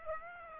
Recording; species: mosquito wingbeat signal from an infrared sensor; Aedes aegypti